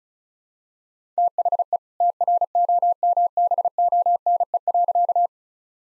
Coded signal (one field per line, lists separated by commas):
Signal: Morse code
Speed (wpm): 34 wpm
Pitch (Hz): 700 Hz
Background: none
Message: THE TROMBONE.